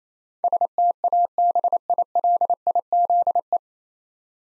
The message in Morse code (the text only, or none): STABILIZE